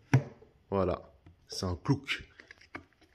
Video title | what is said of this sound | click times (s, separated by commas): UNBOXING - E-flite DRACO 2.0 BNF SAFE AS3X Smart Technology | descend presque même tout seul et on est censé entendre le clic voilà | 0.1 s